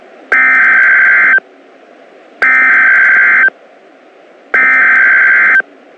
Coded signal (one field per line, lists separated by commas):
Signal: Emergency Alert System (SAME) tones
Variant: header bursts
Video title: Tornado Watch (EAS #426)